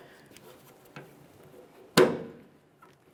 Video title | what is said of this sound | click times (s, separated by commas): How to Replace Tailgate Kit 1999-2006 Chevrolet Silverado 1500 | press it in. Listen for a click. | 2.0 s